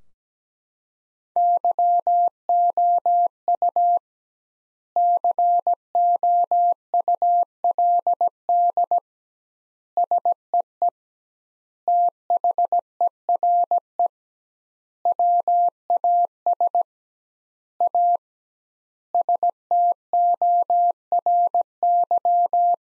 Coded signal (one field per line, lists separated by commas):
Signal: Morse code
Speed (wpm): 17 wpm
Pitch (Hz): 700 Hz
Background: none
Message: YOU COULD SEE THERE WAS A STORY